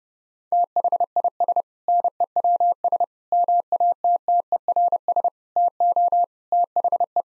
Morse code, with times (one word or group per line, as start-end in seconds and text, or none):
0.5-1.6 THIS
1.9-3.0 NEWS
3.3-5.3 MATTERS
5.6-6.2 TO
6.5-7.2 THE